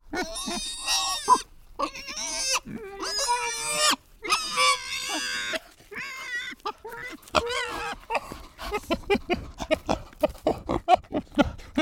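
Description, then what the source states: Domestic pigs squealing and whining in shrill, strained, rising and falling bursts, then a run of rapid short grunts and squeaks toward the end. Pigs squealing, barking and whining; they have a very human vocal range and sound like they are constantly in a strained conversation.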